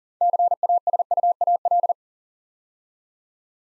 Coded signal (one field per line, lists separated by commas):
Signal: Morse code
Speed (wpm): 42 wpm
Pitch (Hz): 700 Hz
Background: none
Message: CASUAL